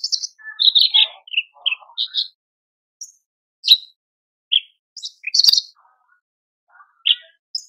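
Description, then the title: Horsfield's bush lark song opening with loud rapid chirps and trills, then sparser sharp high notes and a sudden click-like burst near five and a half seconds. Masteran recording for training cage birds; described as super gacor (persistent, energetic singing). "MASTERAN AMPUH KICAUAN BRANJANGAN SUPER GACOR"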